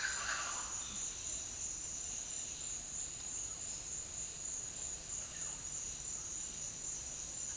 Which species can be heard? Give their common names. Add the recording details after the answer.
Speckled Chachalaca. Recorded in dense forest near Puerto Asís, Putumayo, Colombia, on 20 February 2024 at 07:30. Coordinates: 0.502, -76.324. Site G6370